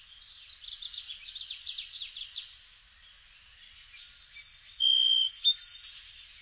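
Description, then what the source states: Song sparrow song: a quick series of buzzy, trilled notes in the first half, followed by several loud, clear whistled tones later. Song switching.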